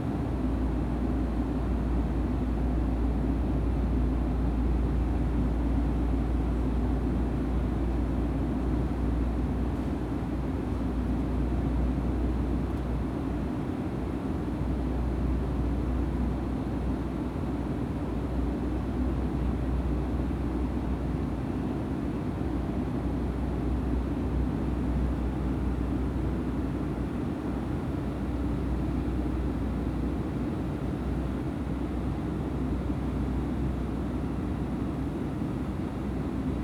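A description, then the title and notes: Steady cabin roar inside a jet, a dense, unchanging rumble weighted heavily toward the low end with a duller hiss above. A deep low hum runs underneath and wavers slightly around the middle, but the overall level stays constant for the whole stretch. Jet Interior Ambience.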